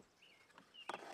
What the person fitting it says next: Reinstall the duct, first starting with the lower portion. It just snaps into place.